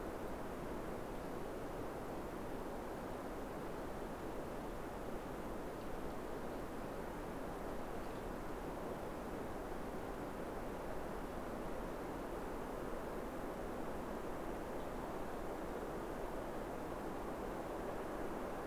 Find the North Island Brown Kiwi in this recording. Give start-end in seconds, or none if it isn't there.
none